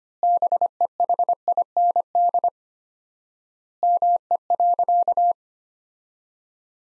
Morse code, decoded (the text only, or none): BEHIND ME.